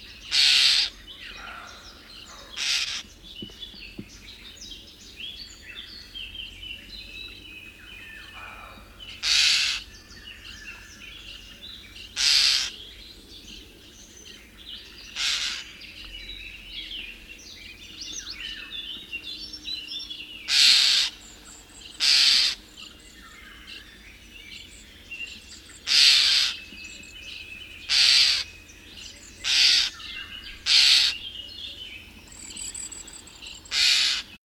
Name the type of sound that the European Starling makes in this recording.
call